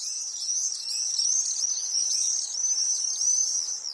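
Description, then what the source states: Common Swifts screaming: a continuous shrill, high-pitched trilled sound without pause. Common swifts nesting in swift bricks, small nest boxes set into the outside walls of buildings.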